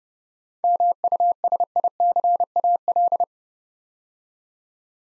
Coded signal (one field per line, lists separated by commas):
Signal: Morse code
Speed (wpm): 30 wpm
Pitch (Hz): 700 Hz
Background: none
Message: MUSICAL